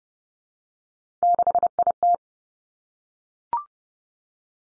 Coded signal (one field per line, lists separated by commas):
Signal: Morse code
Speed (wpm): 30 wpm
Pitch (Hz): 700 Hz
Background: none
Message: 6IT